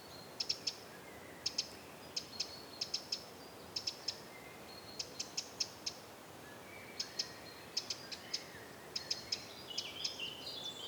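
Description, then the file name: Eurasian wren calling, sharp dry ticks mostly in pairs and triplets repeated every second or so, against a light background hiss. "Troglodytes troglodytes"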